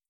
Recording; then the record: hydrophone in a shrimp aquaculture tank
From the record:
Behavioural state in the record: feeding